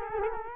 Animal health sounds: mosquito wingbeat signal from an infrared sensor; Culex quinquefasciatus

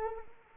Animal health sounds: mosquito wingbeat signal from an infrared sensor; Anopheles arabiensis

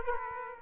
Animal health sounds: mosquito wingbeat signal from an infrared sensor; Aedes aegypti

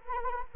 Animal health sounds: mosquito wingbeat signal from an infrared sensor; Anopheles arabiensis

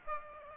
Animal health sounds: mosquito wingbeat signal from an infrared sensor; Aedes aegypti

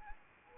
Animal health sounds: mosquito wingbeat signal from an infrared sensor; Anopheles arabiensis

